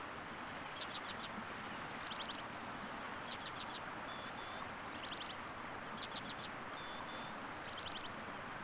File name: white crowned penduline tit